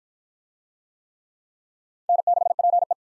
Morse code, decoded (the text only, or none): N6PE